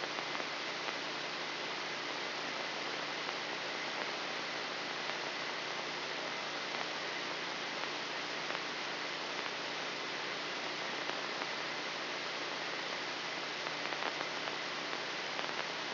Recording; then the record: brain microelectrode recording played as sound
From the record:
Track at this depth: outside the subthalamic nucleus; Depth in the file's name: 5.106 mm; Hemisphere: left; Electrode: 3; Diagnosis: Parkinson's disease